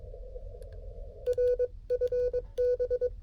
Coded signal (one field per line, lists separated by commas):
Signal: Morse code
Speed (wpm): 22 wpm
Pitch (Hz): 490 Hz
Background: none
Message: R FB